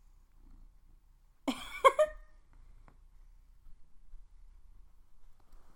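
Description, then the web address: Cat giving a brief strained fussing cry, followed by faint quiet sounds. Cat named Cody, fussing. "Cody the Cat being Cody the Cat [Some purring][Licking plastic][Some fussing]"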